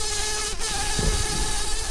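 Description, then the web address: Brown-banded carder bee buzzing, a steady droning hum with an even pitch, briefly broken early on. Queens. "Humilis queens"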